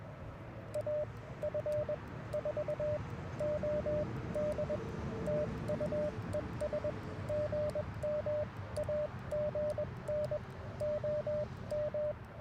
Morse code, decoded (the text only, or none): AF4OD TU ES GM AGN OM